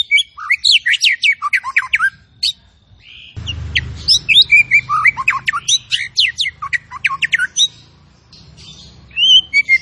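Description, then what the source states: Zebra finch song: rapid runs of sharp, downslurred whistled notes in dense bursts, a brief pause near three seconds, then more rattling phrases with a faint low hum beneath. Masteran training audio of a tembakan bird singing actively (gacor).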